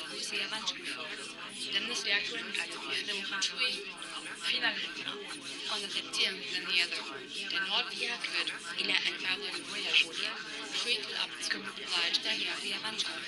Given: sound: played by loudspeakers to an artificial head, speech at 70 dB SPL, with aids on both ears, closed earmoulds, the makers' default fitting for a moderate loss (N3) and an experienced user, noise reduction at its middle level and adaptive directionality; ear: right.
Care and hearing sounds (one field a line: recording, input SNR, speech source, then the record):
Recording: speech test signal (ISTS) in cocktail-party noise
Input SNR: -6 dB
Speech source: on the right (90 degrees)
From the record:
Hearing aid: class 2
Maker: B